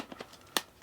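A zoom lens is twisted onto the metal Z-mount bayonet flange of a Nikon Z5 II mirrorless camera body. A few faint handling taps come before a single sharp, bright click at 0.6 s as the locking pin engages. The lens is locked and fully mounted.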